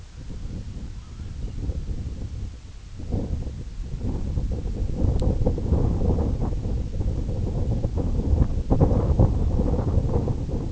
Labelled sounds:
Red-throated Loon (Gavia stellata), unidentified sound
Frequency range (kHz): Red-throated Loon (Gavia stellata) 0.6-1.9 kHz
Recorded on Arctic tundra, site IGLO-A, on 21 June 2018
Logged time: 15:59

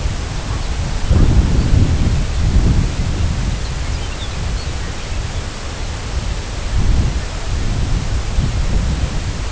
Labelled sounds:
Lapland Longspur (Calcarius lapponicus)
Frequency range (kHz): Lapland Longspur (Calcarius lapponicus) 1.7-5.4 kHz
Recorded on Arctic tundra, site CORI-1, on 18 June 2018
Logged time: 04:00

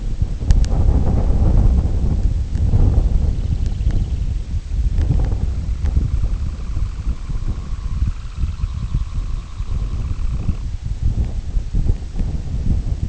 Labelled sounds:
Semipalmated Sandpiper (Calidris pusilla)
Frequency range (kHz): Semipalmated Sandpiper (Calidris pusilla) 0.6-4.8 kHz
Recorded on Arctic tundra, site IGLO-D, on 25 June 2018
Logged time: 02:00

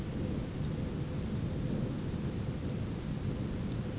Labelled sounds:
none
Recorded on Arctic tundra, site ZACK-1, on 11 June 2019
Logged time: 01:49

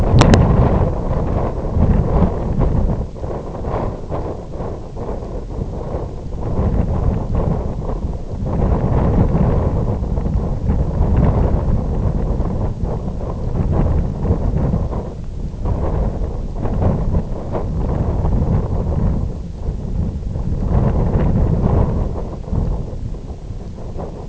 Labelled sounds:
none
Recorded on Arctic tundra, site IGLO-F, on 19 June 2018
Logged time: 00:00

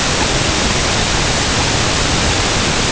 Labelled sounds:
Tundra Swan (Cygnus columbianus)
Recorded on Arctic tundra, site UTQI-5, on 21 June 2018
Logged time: 06:00

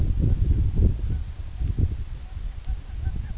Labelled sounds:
Canada Goose (Branta canadensis)
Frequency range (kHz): Canada Goose (Branta canadensis) 0.5-2.1 kHz
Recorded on Arctic tundra, site EABA-1, on 29 June 2018
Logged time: 20:00

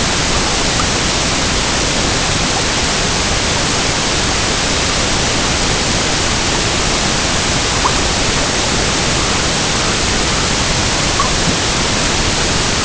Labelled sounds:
White-rumped Sandpiper (Calidris fuscicollis)
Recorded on Arctic tundra, site EABA-MC, on 22 June 2019
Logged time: 16:00

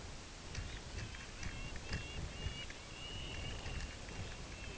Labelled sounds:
unidentified sound, Dunlin (Calidris alpina)
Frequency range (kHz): Dunlin (Calidris alpina) 2.3-3.5 kHz
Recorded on Arctic tundra, site UTQI-5, on 16 June 2019
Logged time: 12:00

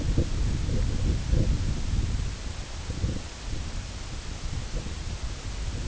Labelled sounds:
none
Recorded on Arctic tundra, site IGLO-A, on 16 June 2018
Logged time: 13:59

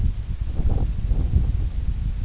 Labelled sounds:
none
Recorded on Arctic tundra, site IGLO-D, on 25 June 2018
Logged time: 02:00

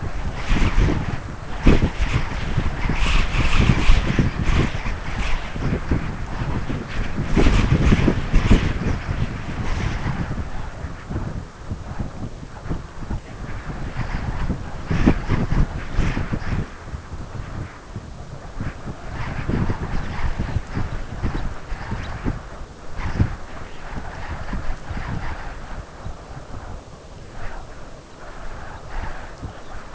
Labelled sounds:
Red Phalarope (Phalaropus fulicarius), Lapland Longspur (Calcarius lapponicus)
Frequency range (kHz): Red Phalarope (Phalaropus fulicarius) 2.4-4.6 kHz; Lapland Longspur (Calcarius lapponicus) 2.6-4.5 kHz
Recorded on Arctic tundra, site UTQI-5, on 12 June 2019
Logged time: 08:00

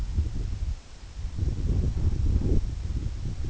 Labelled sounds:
none
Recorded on Arctic tundra, site EABA-1, on 27 June 2018
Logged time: 12:00

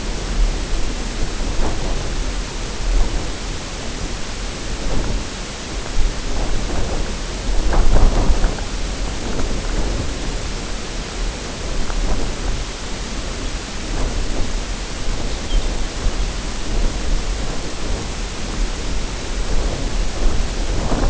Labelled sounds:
Lapland Longspur (Calcarius lapponicus)
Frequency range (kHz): Lapland Longspur (Calcarius lapponicus) 2.5-4.6 kHz
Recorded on Arctic tundra, site UTQI-0, on 14 June 2019
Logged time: 16:00

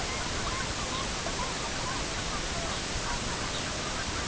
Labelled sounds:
unidentified sound, Sabine's Gull (Xema sabini)
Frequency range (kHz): Sabine's Gull (Xema sabini) 2.7-4.5 kHz
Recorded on Arctic tundra, site EABA-MC, on 22 June 2019
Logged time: 08:00

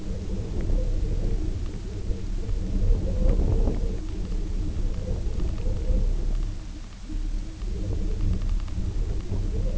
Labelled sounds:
none
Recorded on Arctic tundra, site UTQI-0, on 19 June 2018
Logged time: 22:00

